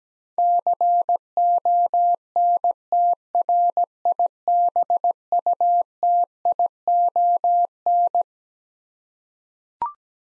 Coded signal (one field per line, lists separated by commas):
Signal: Morse code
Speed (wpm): 17 wpm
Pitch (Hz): 700 Hz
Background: none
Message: CONTRIBUTION